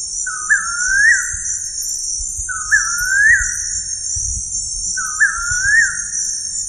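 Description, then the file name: Bird giving a whistled call that climbs steadily and ends in a short hook, three times, against a continuous shrill insect drone. "SABIOD 50 bird 2015"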